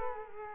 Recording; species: mosquito wingbeat signal from an infrared sensor; Culex quinquefasciatus